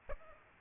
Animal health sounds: mosquito wingbeat signal from an infrared sensor; Aedes aegypti

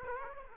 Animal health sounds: mosquito wingbeat signal from an infrared sensor; Aedes aegypti

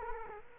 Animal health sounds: mosquito wingbeat signal from an infrared sensor; Culex quinquefasciatus

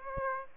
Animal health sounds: mosquito wingbeat signal from an infrared sensor; Aedes aegypti

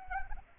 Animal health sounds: mosquito wingbeat signal from an infrared sensor; Anopheles arabiensis

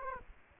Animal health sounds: mosquito wingbeat signal from an infrared sensor; Culex quinquefasciatus

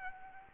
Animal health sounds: mosquito wingbeat signal from an infrared sensor; Aedes aegypti

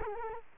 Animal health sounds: mosquito wingbeat signal from an infrared sensor; Culex quinquefasciatus

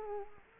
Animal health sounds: mosquito wingbeat signal from an infrared sensor; Culex quinquefasciatus

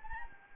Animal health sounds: mosquito wingbeat signal from an infrared sensor; Anopheles arabiensis

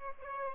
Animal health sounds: mosquito wingbeat signal from an infrared sensor; Aedes albopictus

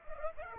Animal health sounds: mosquito wingbeat signal from an infrared sensor; Aedes aegypti

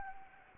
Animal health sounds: mosquito wingbeat signal from an infrared sensor; Anopheles gambiae

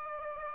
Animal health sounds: mosquito wingbeat signal from an infrared sensor; Aedes aegypti

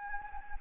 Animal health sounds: mosquito wingbeat signal from an infrared sensor; Anopheles gambiae

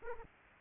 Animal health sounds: mosquito wingbeat signal from an infrared sensor; Aedes aegypti

